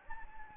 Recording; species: mosquito wingbeat signal from an infrared sensor; Anopheles gambiae